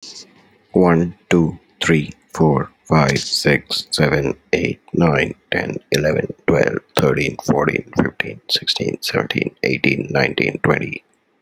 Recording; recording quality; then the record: counting at a normal pace; moderate, slight background noise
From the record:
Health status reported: healthy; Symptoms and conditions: asthma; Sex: male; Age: 30 years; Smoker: yes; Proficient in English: yes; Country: India